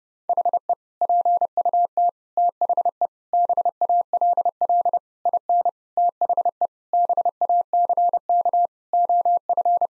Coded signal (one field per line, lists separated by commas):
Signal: Morse code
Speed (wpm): 28 wpm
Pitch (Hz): 700 Hz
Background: none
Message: HE PUT THE BALL IN THE BACK OF